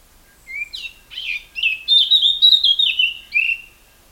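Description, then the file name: Eurasian blackcap song: a hurried, varied warble that swells into a string of loud, pure fluty notes and ends on a lower slurred whistle. "Sylvia atricapilla"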